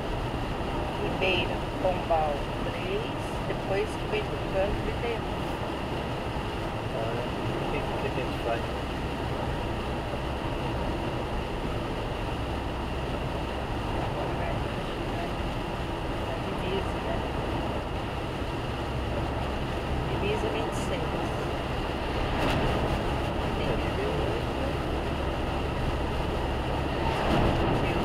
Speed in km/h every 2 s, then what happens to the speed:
101, 101, 100, 99, 99, 100, 101, 101, 102, 104, 105, 106, 105, 103.
0-28 steady at about 101.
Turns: none.